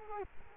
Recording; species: mosquito wingbeat signal from an infrared sensor; Culex quinquefasciatus